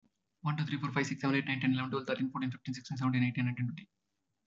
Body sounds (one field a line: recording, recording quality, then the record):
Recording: counting at a fast pace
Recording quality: excellent, no background noise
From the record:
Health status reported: healthy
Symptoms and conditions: cold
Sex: male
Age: 26 years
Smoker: not ticked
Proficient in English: yes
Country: India